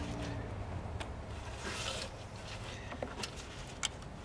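A wiring harness plug is pushed back onto the alternator of a 3.5 Dodge Magnum, Charger, Challenger or Chrysler 300 during an alternator replacement. Over steady broadband noise, faint plastic taps sound at 1.0, 3.0 and 3.2 seconds. The plug clicks in and seats with a sharp, strongest snap at 3.9 seconds.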